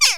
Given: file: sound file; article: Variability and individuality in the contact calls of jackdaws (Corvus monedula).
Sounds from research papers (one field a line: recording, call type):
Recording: jackdaw call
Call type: harmonic